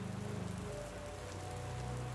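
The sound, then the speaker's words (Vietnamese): Steady rain pours down on a stormy, windy night in a dense, hissing wash, with a low rumbling undertone of thunder and faint tonal hums threading through the continuous downpour, no voices present. “Thanh âm lạnh lẽo đầy oan khuất cất lên giữa màn đêm mưa gió.”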